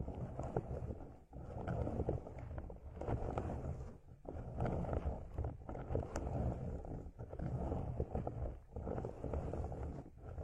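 Plants are rubbed in circles around the ears, making a thick, crackling rustle over a deep, muffled rumble. The scratchy sweeps run almost continuously, broken by brief pauses about every second and a half as each circle ends and the next begins.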